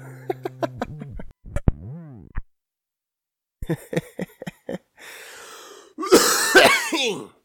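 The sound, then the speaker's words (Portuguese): A bout of harsh, raspy chronic smoker's coughing after lighting a cigarette: clusters of rough hacks with strained, voiced wheezes, a pause, a rapid run of coughs, then a loud, ragged final fit with throat clearing. “Olha, eu voltei a fumar e minha tosse voltou, a minha tosse crônica que não passa nunca, que é só dar uma risadinha que ela aparece, voltou.”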